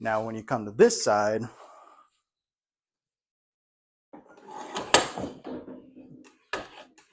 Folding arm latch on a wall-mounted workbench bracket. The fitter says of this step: it doesn't lock into place and it just moves freely. It's supposed to lock.